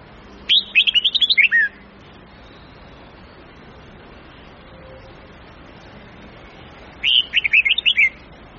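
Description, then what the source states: Red-whiskered bulbul song: a quick phrase of about eight bright, warbled whistled notes, repeated after a pause of about five seconds, over faint steady background hiss. Huế-style bulbul song, long phrases of 9 to 12 notes, with the phrases varied continuously.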